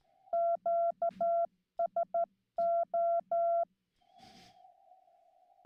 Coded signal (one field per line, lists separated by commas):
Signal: Morse code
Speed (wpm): 13 wpm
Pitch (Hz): 680 Hz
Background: none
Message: QSO